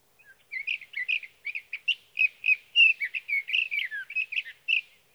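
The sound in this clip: Sage thrasher song: a continuous, fast jumble of warbled high notes and brief down-slurred whistles.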